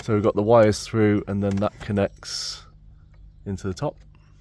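On a BMW E46 330Ci being fitted with a race steering wheel, a wiring harness has been threaded through the adapter hub, and its connector is handled at the socket at the top of the steering wheel hub. Someone talks throughout, with a faint tick near 4.2 s. Nothing has clicked or seated yet.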